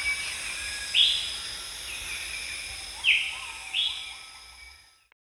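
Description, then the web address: Moustached babbler giving a few whistles, joined by softer low warbled notes, while a high insect chorus hums throughout and then fades. Recorded at Danum on 1 January 2008. "DANUM 20080101. moustached babbler"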